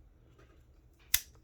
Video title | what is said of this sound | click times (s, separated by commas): Victorinox Swiss army knife hercules farmer champ classic sd | So that actually locks into place. | 1.1 s